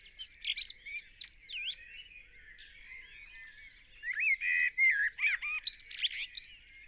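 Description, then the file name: Common blackbird: a mellow, looping phrase, then a longer warbled run with high squeaks, with other birds chirping faintly. "Turdus merula"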